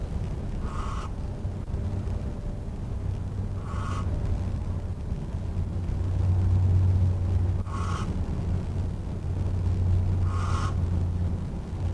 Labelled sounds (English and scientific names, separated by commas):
Western Barn Owl (Tyto alba) call